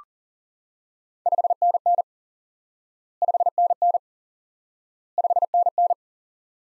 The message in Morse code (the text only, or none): 5NN 5NN 5NN